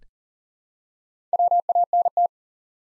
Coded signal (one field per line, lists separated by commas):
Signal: Morse code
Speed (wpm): 39 wpm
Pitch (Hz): 700 Hz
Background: none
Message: WANT